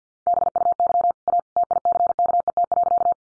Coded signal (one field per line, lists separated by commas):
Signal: Morse code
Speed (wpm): 50 wpm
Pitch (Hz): 700 Hz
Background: none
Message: BUY A TICKET.